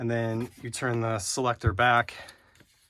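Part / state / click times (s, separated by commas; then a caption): mode selector knob on a rotary hammer housing / not seated / none. Someone talks while the plastic mode selector knob on the housing of a Bosch RH540M SDS Max rotary hammer is being turned back, after the SDS Max bit has been rotated to the desired position. The selector is still being handled at the end of the clip, and nothing has seated or clicked yet.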